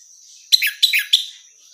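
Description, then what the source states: Orange-headed thrush giving three brief, slurred chirping notes in quick succession, over a faint steady high tone. Female; recording meant for therapy or training.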